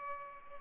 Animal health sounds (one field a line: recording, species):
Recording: mosquito wingbeat signal from an infrared sensor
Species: Culex pipiens